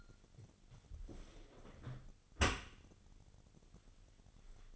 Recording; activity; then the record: daily activity, microphone in the room; close dishwasher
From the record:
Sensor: 4